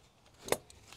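A cylinder 7 ignition coil on a BMW E90/E92/E93 M3 S65 engine is pushed into its spark plug well on the engine head. A single sharp, broadband snap sounds at 0.5 s, followed by faint light ticks. The coil seats in place.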